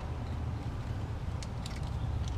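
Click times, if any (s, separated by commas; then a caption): none. A threaded retaining nut on the clutch shaft threads of an 80cc motorized bicycle clutch is being turned backwards on the metal threads. A steady low rumble fills the clip, with a few faint brief ticks near 1.4, 1.7 and 2.3 seconds. The nut's thread start has not yet dropped into line, and nothing has clicked or seated yet.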